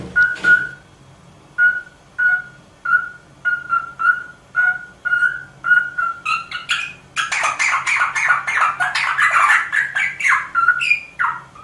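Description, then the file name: Rosella song: a steady run of short, clear whistled notes, then a burst of dense, harsh chattering and mixed whistles. "Canto da Rosela"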